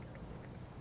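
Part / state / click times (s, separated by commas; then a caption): mixing tip onto casting material cartridge / not seated / none. A plastic mixing tip is twisted onto a cartridge of two-part casting material for impression evidence. Low, steady rumbling handling noise fills the clip, with a faint brief tap at 0.15 s. Nothing has seated or clicked yet.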